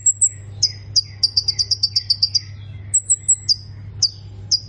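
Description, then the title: Plain prinia giving thin high notes, then a quick run of buzzy chips and more spaced high notes, over a low continuous hum. "Ciblek Sawah"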